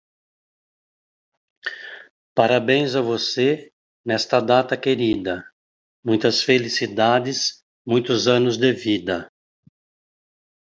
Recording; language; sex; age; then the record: short text; Brazilian Portuguese; male; 60 to 69 years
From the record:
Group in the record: control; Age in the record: 66 years